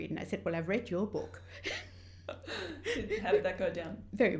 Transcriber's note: laughs